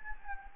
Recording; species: mosquito wingbeat signal from an infrared sensor; Anopheles gambiae